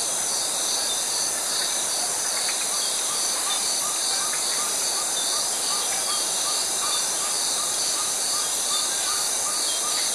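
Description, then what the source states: Cicada drone: a steady, high, shimmering buzz with a faint pulse, over short repeated bird notes and a busy forest background. Tropical forest ambience.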